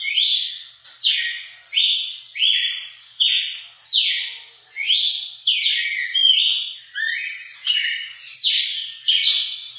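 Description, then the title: Red-cowled cardinal song: rapid repeated down-slurred notes, coming roughly every 0.7 seconds in a lively, continuous stream. Female song, used to excite a male bird. "Canto Galo Campina Fêmea. ESQUENTAR SEU GALO CAMPINA COM O MELHOR CANTO DO GALO DE CAMPINA"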